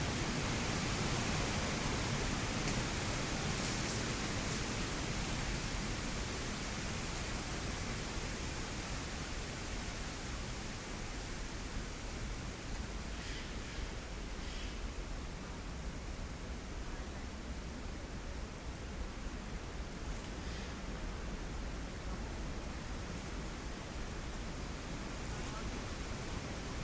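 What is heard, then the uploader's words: Wind moves steadily through leaves, a continuous dense rustle that hardly varies in level across the whole stretch. The sound is full, with a soft low rumble underneath and a few brief brighter swells of leafy hiss around the middle and near the end. ASMR: Rustling Leaves for Relaxation and Sleep. Rustling leaves as they gently brush against each other in the wind.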